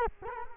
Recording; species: mosquito wingbeat signal from an infrared sensor; Culex quinquefasciatus